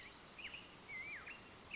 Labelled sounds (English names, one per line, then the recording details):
Black-headed Grosbeak
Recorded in Sonoma County, California